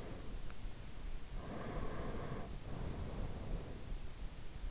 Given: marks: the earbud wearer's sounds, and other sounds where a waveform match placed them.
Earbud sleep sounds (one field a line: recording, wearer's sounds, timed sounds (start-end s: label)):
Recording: sounds in sleep by an in-ear microphone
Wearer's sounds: breath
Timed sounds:
1.44-3.84 s: breath